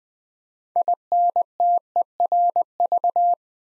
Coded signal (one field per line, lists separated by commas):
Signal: Morse code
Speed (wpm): 20 wpm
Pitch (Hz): 700 Hz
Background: none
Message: INTERV